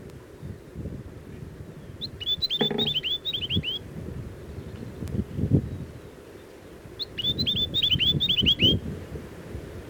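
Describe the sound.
Chatham Island tomtit singing two quick phrases of clear, down-slurred whistled notes several seconds apart, over a low rumbling background with thumps.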